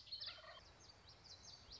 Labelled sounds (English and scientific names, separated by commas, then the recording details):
Common Yellowthroat (Geothlypis trichas)
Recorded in Sonoma County, California